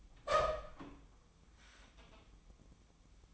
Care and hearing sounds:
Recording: daily activity, microphone in the room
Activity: open door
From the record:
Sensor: 1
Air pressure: 1004.9 hPa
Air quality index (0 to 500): 81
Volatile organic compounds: 2 ppm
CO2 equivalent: 1090 ppm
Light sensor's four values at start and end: 9/23/9/9 and 9/23/9/10

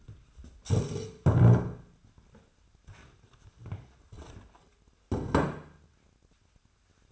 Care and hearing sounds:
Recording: daily activity, microphone in the room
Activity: stand up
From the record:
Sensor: 2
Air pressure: 1007.6 hPa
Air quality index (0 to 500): 180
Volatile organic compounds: 10 ppm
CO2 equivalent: 2216 ppm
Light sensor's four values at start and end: 10/23/9/10 and 10/23/10/10

